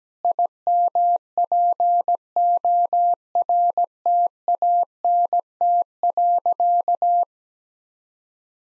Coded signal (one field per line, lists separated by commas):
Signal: Morse code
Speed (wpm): 17 wpm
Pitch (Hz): 700 Hz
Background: none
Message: IMPORTANT.